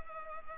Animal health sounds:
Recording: mosquito wingbeat signal from an infrared sensor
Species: Culex pipiens

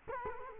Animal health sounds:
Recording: mosquito wingbeat signal from an infrared sensor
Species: Culex quinquefasciatus

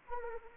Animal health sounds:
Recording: mosquito wingbeat signal from an infrared sensor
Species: Anopheles arabiensis

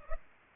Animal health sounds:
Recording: mosquito wingbeat signal from an infrared sensor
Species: Culex pipiens

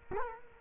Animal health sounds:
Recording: mosquito wingbeat signal from an infrared sensor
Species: Culex quinquefasciatus

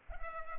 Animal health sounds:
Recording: mosquito wingbeat signal from an infrared sensor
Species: Culex pipiens

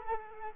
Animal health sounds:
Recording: mosquito wingbeat signal from an infrared sensor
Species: Culex quinquefasciatus

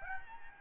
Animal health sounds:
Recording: mosquito wingbeat signal from an infrared sensor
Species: Aedes albopictus

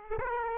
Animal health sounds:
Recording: mosquito wingbeat signal from an infrared sensor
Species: Aedes aegypti

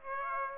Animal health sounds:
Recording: mosquito wingbeat signal from an infrared sensor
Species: Aedes aegypti

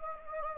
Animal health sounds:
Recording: mosquito wingbeat signal from an infrared sensor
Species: Anopheles gambiae

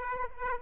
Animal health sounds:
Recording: mosquito wingbeat signal from an infrared sensor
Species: Aedes aegypti

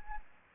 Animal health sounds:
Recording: mosquito wingbeat signal from an infrared sensor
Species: Anopheles gambiae

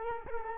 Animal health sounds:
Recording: mosquito wingbeat signal from an infrared sensor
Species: Culex quinquefasciatus

